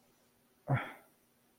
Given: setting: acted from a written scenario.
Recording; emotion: vocal sound without words; disappointment